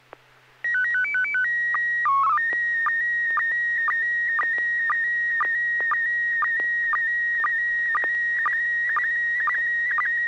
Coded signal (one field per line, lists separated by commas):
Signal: SSTV (slow-scan television)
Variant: PD 120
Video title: N6NA SSTV Net - 08/31/2022